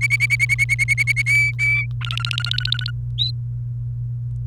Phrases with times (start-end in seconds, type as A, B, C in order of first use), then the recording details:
0.01-1.22 A, 1.26-1.86 B, 2.01-2.90 C. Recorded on 28 April 2018 at 17:26. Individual llb3